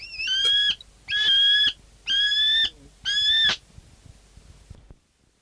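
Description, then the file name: New Zealand falcon giving four harsh, drawn-out screeching calls, each about half a second long, repeated roughly once a second, then falling silent. "nz falcon song"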